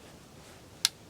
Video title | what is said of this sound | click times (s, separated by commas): COYOTE TRAPPING Information Feat: Alan Probst | that click right there now that pan is now level and that's ready to go in the ground | 0.9 s